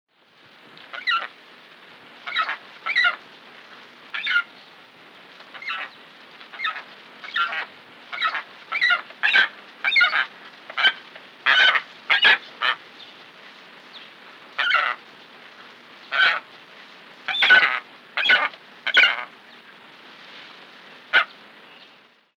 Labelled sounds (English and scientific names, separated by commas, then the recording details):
Saker Falcon (Falco cherrug)
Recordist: Tembrock, Günter
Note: Lautfolgen